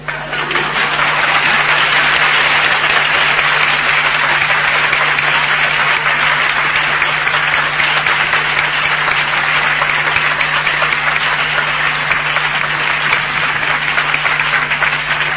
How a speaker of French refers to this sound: N'oubliez pas ma bonne main d'applaudissement.